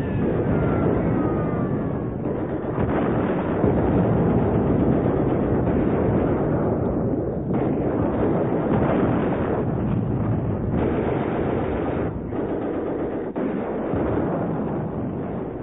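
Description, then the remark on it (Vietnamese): Loud, sustained roar of artillery shelling, with a shell landing at the end of a dam about 300–400 metres ahead, booming explosions and sharp bursts of gunfire breaking through a dense rumbling din, continuing throughout with no voices. “Một quả đạn pháo vừa rơi xuống đầu đập kia trước mặt chúng tôi, khoảng chừng 300-400 thước.”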